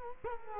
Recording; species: mosquito wingbeat signal from an infrared sensor; Culex quinquefasciatus